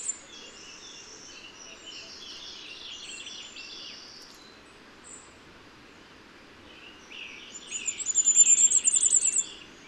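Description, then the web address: Common firecrest song: a very high, thin series of notes, loudest near the end, after fainter high notes earlier. "tüzesfejű-királyka-hangja. tuzesfeju kiralyka"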